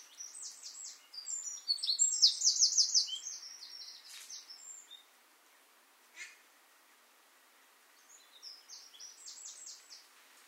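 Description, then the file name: Eurasian wren sings a high, rapid trill-filled phrase, then a softer second phrase, with a couple of sharp clicks in between. "Troglodytes troglodytes"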